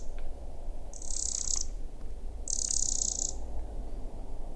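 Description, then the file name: Eurasian wren producing two sustained, grating high rattles, each under a second, separated by a short pause, with a low constant hum underneath. "Troglodytes troglodytes"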